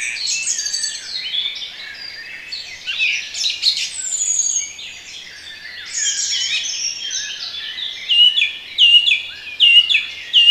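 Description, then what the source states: Birds in a busy chorus of high chirps and trills, ending with a series of repeated sharp whistled notes. Relaxation recording of bird sounds.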